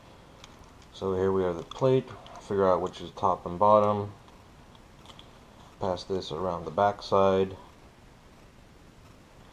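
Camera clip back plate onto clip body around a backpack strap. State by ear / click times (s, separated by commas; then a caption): not seated / none. Someone talks while handling the plastic/metal clamp plate of a Peak Design Capture Pro camera clip, working out which side is top and bottom and passing it around the back of a backpack strap to fit onto the clip body. A few faint handling ticks come between the words, near 0.4 s and 4.8–5.2 s. Nothing has seated or locked yet.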